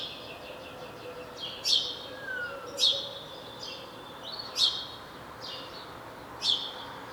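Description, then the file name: House sparrow calling with loud chirps spaced about a second or more apart, fainter chirps in between, over light background noise. "Passer domesticus"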